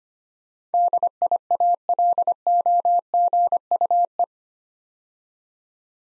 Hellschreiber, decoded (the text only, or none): none